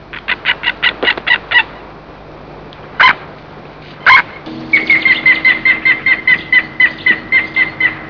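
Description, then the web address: White-tailed eagle calls: a burst of quick yelping notes, two isolated harsh yelps, then an even run of clipped notes repeated about four times a second. "haliaeetus albicilla"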